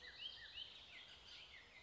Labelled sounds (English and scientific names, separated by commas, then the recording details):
Bullock's Oriole (Icterus bullockii)
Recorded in Sonoma County, California